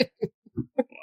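An adult imitates a whooping cough: four short, harsh, seal-like barking bursts about a fifth of a second apart, ending in a brief high, strained squeal, the last sound after coughing so many times that no more coughing is possible. It mimics the rapid coughing spell and final whoop of pertussis, a highly contagious illness.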